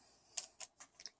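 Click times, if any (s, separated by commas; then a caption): 0.4 s. After the new code one-two-two-one is dialed on a luggage combination lock, the shackle pops open out of the lock body with a sharp click at 0.4 s. Quieter clicks follow at about 0.6, 0.8, 1.0 and 1.1 s, and the lock is released.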